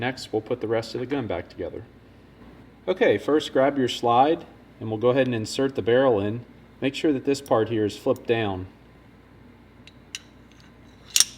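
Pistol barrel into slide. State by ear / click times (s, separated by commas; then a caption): seated / 11.2 s. A steel barrel is inserted into the slide of a Kimber KDS9C Rail 1911 9mm pistol during reassembly after field stripping for cleaning, with its link flipped down. Someone talks, then a few light metallic ticks lead to a sharp metallic click at 11.2 s as the barrel seats in the slide.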